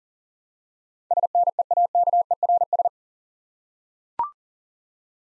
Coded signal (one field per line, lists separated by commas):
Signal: Morse code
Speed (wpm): 40 wpm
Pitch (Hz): 700 Hz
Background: none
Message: SNEAKERS